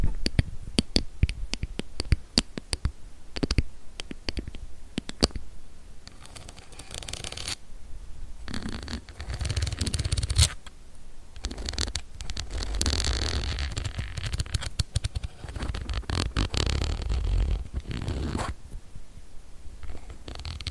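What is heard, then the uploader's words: Dry tapping and scratching on a camera lens, with dense brushing stretches, sharp clicks every second or so, and occasional low thumps. ASMR Tingly Lens Tapping, Camera Scratching & Brushing Personal Attention.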